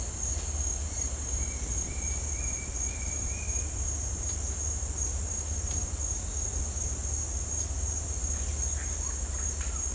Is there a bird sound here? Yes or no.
no